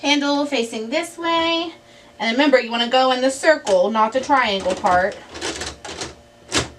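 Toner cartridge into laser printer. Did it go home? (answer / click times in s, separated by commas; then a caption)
yes / 5.9 s. A new toner cartridge is slid into the guides of an HP MFP M130 laser printer with its handle facing out and pushed in while someone talks. It clicks into place at 5.9 s, showing the cartridge is seated.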